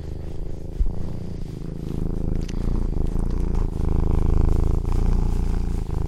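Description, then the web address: Cat purr, a steady low rumbling with fast pulses, growing somewhat louder after the first few seconds, plus a click early on. "Tom Hutchings Cat Purring"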